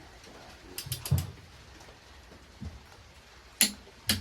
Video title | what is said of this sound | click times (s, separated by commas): 440/512 STROKER PROJECT **PART 3 | oh, there's the click. | 3.6 s